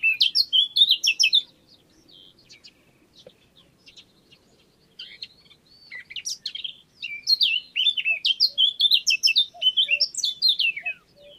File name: Sylvia atricapilla